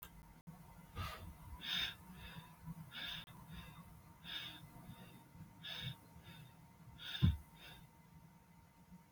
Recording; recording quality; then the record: shallow breathing; moderate, slight background noise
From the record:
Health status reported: healthy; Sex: male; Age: 32 years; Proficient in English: yes